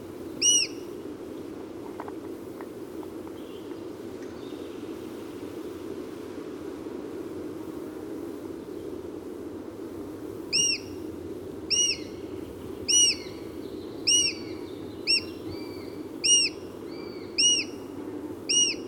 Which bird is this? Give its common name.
Eurasian Sparrowhawk